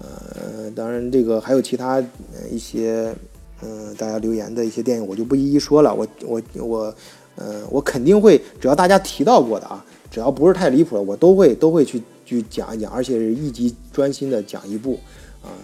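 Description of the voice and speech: An adult man speaking Mandarin with stuttering that he has had since childhood, where it was congenital and very severe, and that has eased with constant practice. Whole-word and phrase repetitions are heard, such as "I, I, I", a repeated "will, will" and a doubled syllable, along with frequent filled pauses ("uh", "um") and breaks in the flow.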